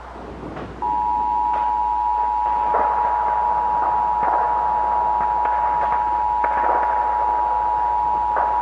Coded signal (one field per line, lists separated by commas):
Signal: Emergency Alert System (SAME) tones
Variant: 853 and 960 Hz attention tone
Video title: Dark Sun - A Mini EAS Scenario